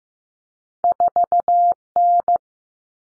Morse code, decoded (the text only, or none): 4N